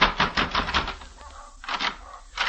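Heavy pounding on a hotel room door, two flights up in a third-rate hotel past the Frank Quarter near the Hassan Bazaar: a quick run of about six loud, dull thumps, a short pause, then a few more hard blows. No voices.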